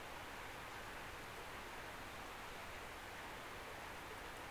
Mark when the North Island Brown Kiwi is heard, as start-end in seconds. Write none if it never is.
none